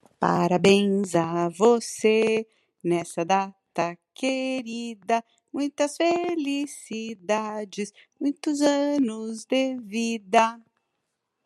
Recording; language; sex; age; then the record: short text; Brazilian Portuguese; female; 40 to 49 years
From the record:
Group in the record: control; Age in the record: 49 years